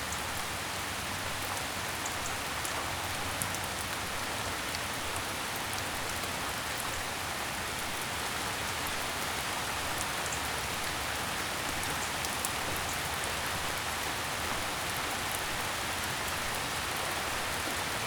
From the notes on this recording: The comforting rain outside